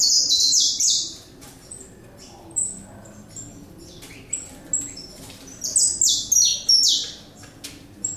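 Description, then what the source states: Saffron finch song, bursts of high, sharp chirps and short descending notes in quick, irregular phrases, over a constant low hum of background noise. Recorded in the Pantanal, Brazil; local name canário-da-terra.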